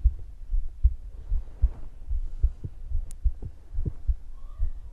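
Soft, muffled low thumps repeat steadily at about 76 beats a minute, with some unevenness in spacing and loudness. It is an ordinary adult woman's heartbeat heard with the ear resting on her chest, with faint background noise.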